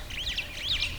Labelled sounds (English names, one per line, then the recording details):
Superb Starling flight call
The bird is a male
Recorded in Kenya on 11 April 2009 at 10:58
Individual 51, of group MRC1